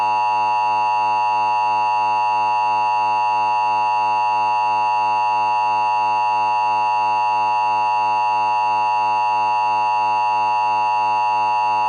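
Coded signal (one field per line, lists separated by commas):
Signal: Emergency Alert System (SAME) tones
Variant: 853 and 960 Hz attention tone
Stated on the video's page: Fictional EAS scenario tones about exploding arcade cabinets.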